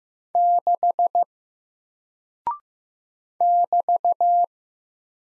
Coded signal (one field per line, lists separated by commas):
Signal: Morse code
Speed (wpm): 15 wpm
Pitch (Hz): 700 Hz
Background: none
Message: 6 <BT>